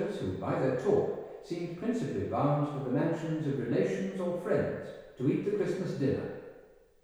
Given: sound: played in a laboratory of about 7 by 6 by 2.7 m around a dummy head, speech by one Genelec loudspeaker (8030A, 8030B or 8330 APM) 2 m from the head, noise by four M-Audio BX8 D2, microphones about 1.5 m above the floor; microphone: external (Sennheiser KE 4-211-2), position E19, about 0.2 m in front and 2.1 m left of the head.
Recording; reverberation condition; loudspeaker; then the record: male speech in English; high; 120 degrees to the left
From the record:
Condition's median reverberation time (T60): about 1300 ms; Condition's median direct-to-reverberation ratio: about -4.0 dB